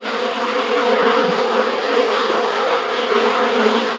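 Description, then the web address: Bees buzzing in a dense, steady swarm-like drone that holds an even loudness throughout. "mcdermott bees"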